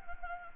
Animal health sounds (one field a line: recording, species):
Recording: mosquito wingbeat signal from an infrared sensor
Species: Anopheles gambiae